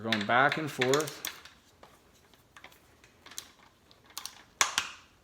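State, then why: Torque reached. A torque wrench with a hex bit tightens the steel pinch bolts of a left crank arm, alternating back and forth between the two bolts, while someone talks at the start. Faint ticks and taps follow, then the wrench gives a sharp click at its set torque at 4.6 s, confirming the bolt has reached its setting.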